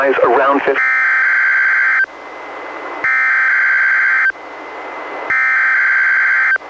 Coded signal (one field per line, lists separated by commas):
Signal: Emergency Alert System (SAME) tones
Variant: header bursts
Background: speech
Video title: EAS #611: NWR Required Weekly Test- Mar. 16, 2022- 11:03AM PDT